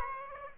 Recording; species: mosquito wingbeat signal from an infrared sensor; Aedes aegypti